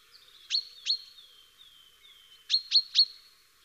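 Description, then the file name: Common chaffinch giving sharp, clipped high calls, two then a quick run of three, with faint thin whistles between. "Fringilla coelebs"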